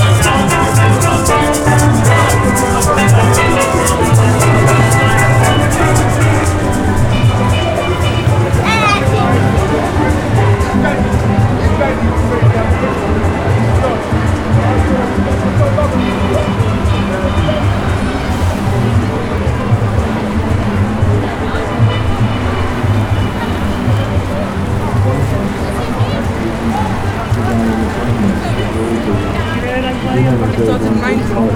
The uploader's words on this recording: From the green wall, we take a short walk through Brixton.